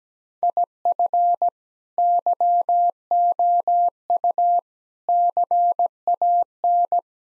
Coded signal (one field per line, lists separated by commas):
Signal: Morse code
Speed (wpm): 17 wpm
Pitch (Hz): 700 Hz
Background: none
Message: IF YOU CAN